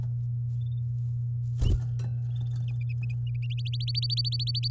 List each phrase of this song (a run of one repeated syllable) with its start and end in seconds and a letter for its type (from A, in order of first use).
3.43-4.68 A